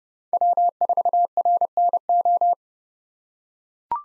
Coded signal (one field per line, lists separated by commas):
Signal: Morse code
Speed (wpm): 32 wpm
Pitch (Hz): 700 Hz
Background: none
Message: W4RNO